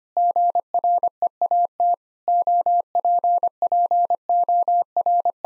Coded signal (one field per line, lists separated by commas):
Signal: Morse code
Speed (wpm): 25 wpm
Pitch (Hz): 700 Hz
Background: none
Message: GREAT OPPOR